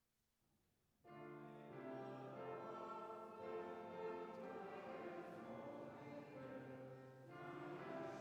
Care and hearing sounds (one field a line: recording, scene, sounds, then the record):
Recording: everyday scene through a hearing-aid microphone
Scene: reverberant space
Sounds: music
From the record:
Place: church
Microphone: behind the ear, right, front